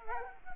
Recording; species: mosquito wingbeat signal from an infrared sensor; Culex quinquefasciatus